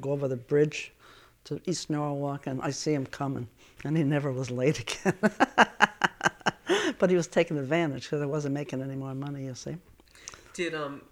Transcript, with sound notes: I had to go over the bridge to East Norwalk, and I see him coming. And he never was late again. (she laughs) But he was taking advantage, because I wasn't making any more money, you see. Did,